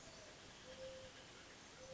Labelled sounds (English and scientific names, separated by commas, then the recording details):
Mourning Dove (Zenaida macroura)
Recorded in Sonoma County, California